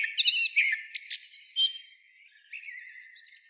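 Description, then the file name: Common blackbird giving a burst of loud, squeaky twittering and slurred high notes, then a quieter, thin warble trailing off. "Turdus merula"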